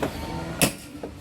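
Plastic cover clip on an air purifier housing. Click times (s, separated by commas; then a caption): 0.6 s. A plastic cover clip on one side of an Alano air purifier housing is pulled up to loosen the cover. A sharp, bright click at 0.6 s is the loudest sound, with softer knocks just before and after. The clip releases and the cover comes loose.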